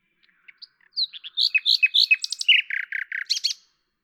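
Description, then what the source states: Common nightingale song: soft opening notes, then a rich, varied phrase of loud rapid chooks and trills, ending in a sharp high flourish. At Lavours, France, on 10 May 1998; Tascam DAP-1 with Télingua microphone, edited in Samplitude 5.1.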